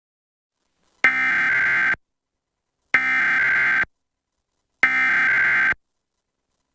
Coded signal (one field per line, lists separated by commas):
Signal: Emergency Alert System (SAME) tones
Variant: header bursts